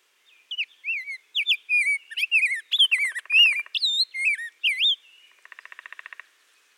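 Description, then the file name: Rose-breasted grosbeak song: a flowing series of clear, slurred whistles for about four seconds, then a softer rapid pulsed trill. "Pheucticus ludovicianus - Rose-breasted Grosbeak"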